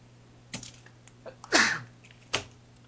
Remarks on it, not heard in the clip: I'm going to sneeze now. That was loud. I even covered my mouth and like moved it away from the microphone.